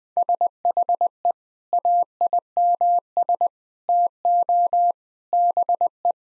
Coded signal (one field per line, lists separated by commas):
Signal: Morse code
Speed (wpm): 21 wpm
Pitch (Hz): 700 Hz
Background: none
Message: SHE AIMS TO BE